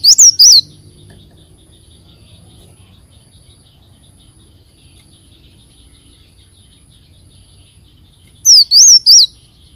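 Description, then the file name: Leafbird song: a brief phrase of high, wavering whistles at the start, a long quiet gap, then a similar looping phrase near the end. "Tieng chim xanh tim"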